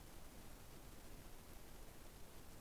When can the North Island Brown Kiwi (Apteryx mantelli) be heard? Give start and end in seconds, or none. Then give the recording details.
none. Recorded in New Zealand on 21 November 2014. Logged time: 02:28. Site CL78